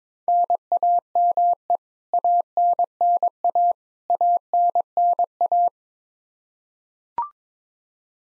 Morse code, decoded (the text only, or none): NAME ANNA ANNA